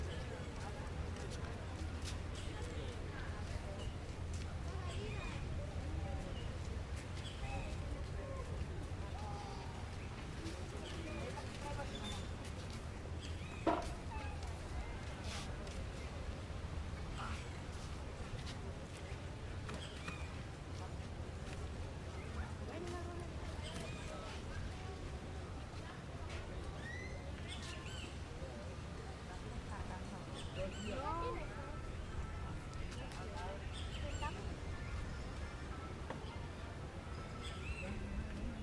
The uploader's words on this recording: Beach Day At Parque Los Fundadores. Ocean Waves Sounds, Chatting Sounds, Footsteps Sounds, Birds Chirping. In this episode we are enjoying a beach day in Playa Del Carmen. People chatting and enjoying the sun as well as the ocean waves in the back. Spanish Speaking.